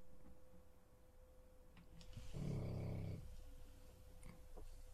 Injured and on medication. He's sleeping. He probably blew his knee and has bad hips. He's on drugs, so he doesn't have energy to run around, so he's sleeping. The snoring dog.